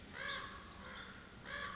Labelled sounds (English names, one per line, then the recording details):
Common Raven
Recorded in Sonoma County, California